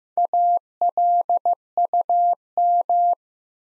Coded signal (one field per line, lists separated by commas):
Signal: Morse code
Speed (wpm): 15 wpm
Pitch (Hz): 700 Hz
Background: none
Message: ALUM